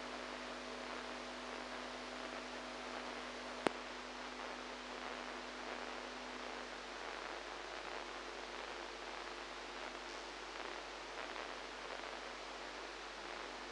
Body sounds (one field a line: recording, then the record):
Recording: brain microelectrode recording played as sound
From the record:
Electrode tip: inside the subthalamic nucleus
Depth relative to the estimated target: -1 mm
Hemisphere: right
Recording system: NeuroSet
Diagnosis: Parkinson's disease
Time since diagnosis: 8 years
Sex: female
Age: 45 years